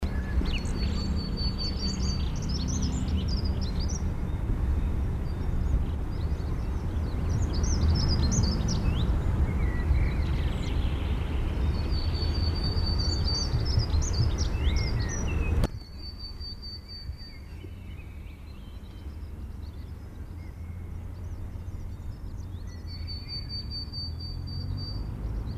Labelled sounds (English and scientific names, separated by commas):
Willow Tit (Poecile montanus) song